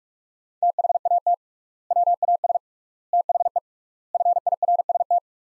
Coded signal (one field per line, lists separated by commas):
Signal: Morse code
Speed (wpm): 46 wpm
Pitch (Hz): 700 Hz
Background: none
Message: THAT WAS THE FIRST